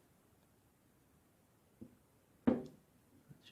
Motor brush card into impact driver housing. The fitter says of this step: she should click into position quite easy